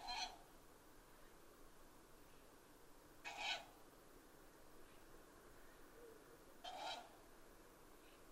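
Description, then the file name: Owl uttering short hoarse screeches roughly every three and a half seconds, hissing and broad, over a quiet background hiss. Recorded 12 June 2011. "fukurou kaijyuu-20110612"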